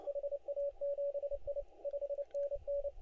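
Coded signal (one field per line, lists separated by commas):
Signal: Morse code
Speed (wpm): 32 wpm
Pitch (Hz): 560 Hz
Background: radio noise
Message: HA7I 5NN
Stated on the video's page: Morse from the WAE CW contest heard on the 20m band.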